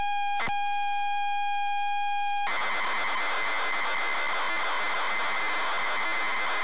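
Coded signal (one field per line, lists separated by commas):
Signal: ZX Spectrum tape loading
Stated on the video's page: ZX Spectrum +3 loading from a WH Smith CPD8300 cassette player, captured via Elgato capture card and SCART to HDMI upscaler.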